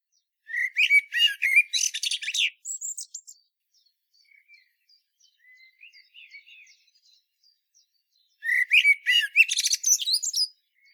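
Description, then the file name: Common blackbird song: two loud bursts of rapid, squeaky twittering notes, separated by several seconds of faint, scattered chirps. "Turdus merula"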